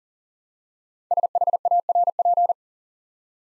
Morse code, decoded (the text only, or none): SHARP